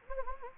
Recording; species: mosquito wingbeat signal from an infrared sensor; Anopheles gambiae